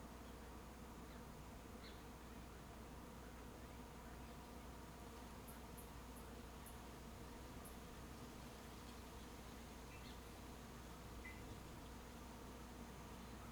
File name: Abelhas em ambiente rural com passaros e grilos